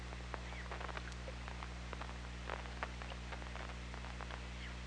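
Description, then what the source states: Killer whale clicks, rapid and scattered, over a low steady drone. OrcaLab hydrophone, 24 August 2017, 21:24:32.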